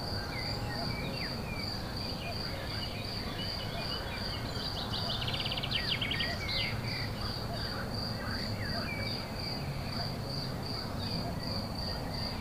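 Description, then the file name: Cricket song: continuous high pulsed trilling, joined midway by a burst of rapid bird twittering, over low background rumble. Field recording with crickets and birds at la Plaine Tonique, 14 May 2017, recorded on an MZ-N710 device. "Grillons oiseaux grenouilles la Plaine Tonique 14 05 17"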